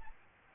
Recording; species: mosquito wingbeat signal from an infrared sensor; Aedes albopictus